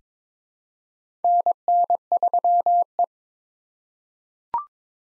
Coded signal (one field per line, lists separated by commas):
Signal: Morse code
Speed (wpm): 21 wpm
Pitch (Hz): 700 Hz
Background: none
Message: NN3E